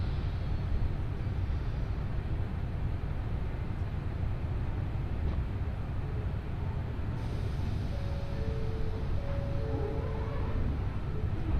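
Steady low rumble inside the Nishi-Kyushu Shinkansen Kamome train, with faint brief tones near the end, perhaps from brakes or wheels.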